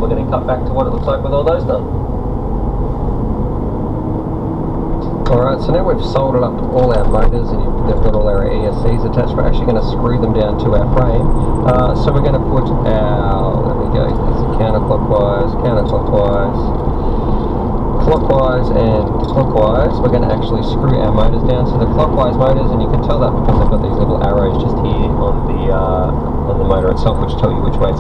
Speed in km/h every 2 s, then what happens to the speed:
40, 50, 55, 56, 61, 64, 66, 66, 66, 66, 69, 71, 71, 72.
0-11 speeds up to 66. 11-28 steady at about 66.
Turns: none.